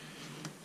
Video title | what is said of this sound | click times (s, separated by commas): Gen5 4Runner Ditch Light Install | then we just close this latch until it clicks | 0.5 s